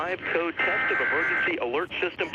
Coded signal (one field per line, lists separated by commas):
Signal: Emergency Alert System (SAME) tones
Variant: header bursts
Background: speech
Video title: National Emergency Alert System Test – WITI-TV 6, Milwaukee, WI (11/9/2011)